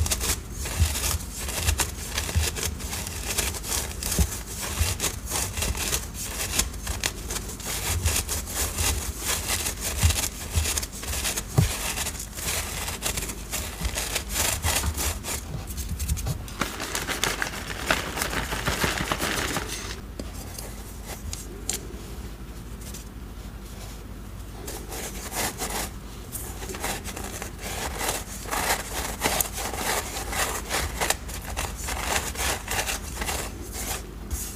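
Dyed chalk cubes and cornstarch crunchies are crushed and mixed, giving a dense, rapid run of gritty crunches and scraping strokes. Around sixteen to twenty seconds the texture turns to a smoother rubbing, then the crunching returns softer and sparser before picking up again.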